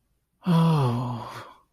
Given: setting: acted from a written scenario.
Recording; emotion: vocal sound without words; ecstasy